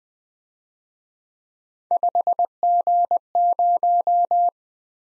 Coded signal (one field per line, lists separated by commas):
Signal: Morse code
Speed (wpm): 24 wpm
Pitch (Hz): 700 Hz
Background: none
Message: 5G0